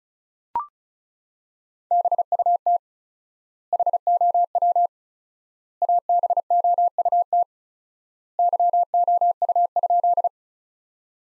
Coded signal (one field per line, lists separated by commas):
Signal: Morse code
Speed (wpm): 36 wpm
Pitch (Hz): 700 Hz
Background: none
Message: BUT HOW ABOUT YOU?